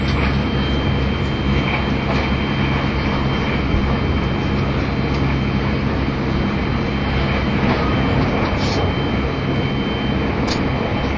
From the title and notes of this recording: 北陸特急の主力車両の一つが683系です。 名古屋発着となる＂しらさぎ14号＂の列車走行音(静止画)です。 富山〜名古屋. The train running sound of Shirasagi No. 14.